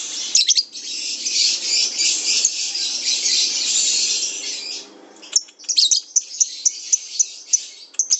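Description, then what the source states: Lovebird song, a long unbroken shrill trill for several seconds, then a run of sharp high chirps. Lovebird ngekek song, a long trill used as a lure song (kicau pancingan).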